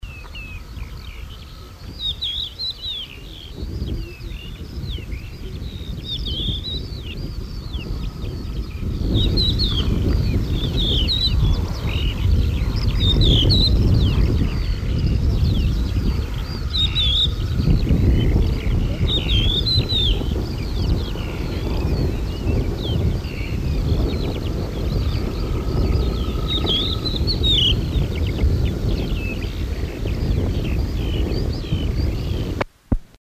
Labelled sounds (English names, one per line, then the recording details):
Crested Lark song
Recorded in the wild
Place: Zicklacke, AT
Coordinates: 47.7664, 16.79
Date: 1964-05-18
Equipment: Uher Report 4000, AKG D190
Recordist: Krey, Winfried
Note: Gesang